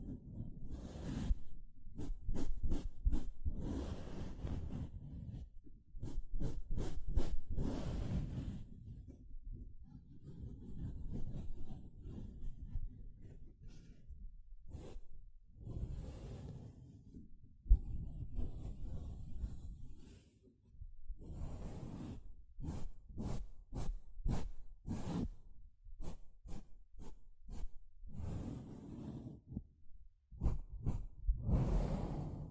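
A sponge being scrubbed, squeezed and brushed in bursts, with quick rhythmic runs of short rasping strokes around the start, middle and end. Between them come slower, softer rubbing and squishing passages with a dull low thud underneath.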